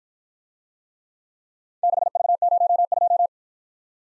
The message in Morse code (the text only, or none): 6V02